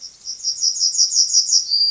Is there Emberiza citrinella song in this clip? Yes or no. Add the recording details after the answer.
yes. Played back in grassland. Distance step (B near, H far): B. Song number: 046